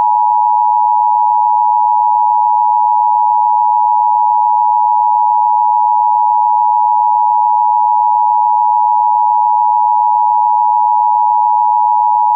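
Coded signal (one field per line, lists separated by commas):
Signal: Emergency Alert System (SAME) tones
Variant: 853 and 960 Hz attention tone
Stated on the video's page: EAS tones, possibly valid.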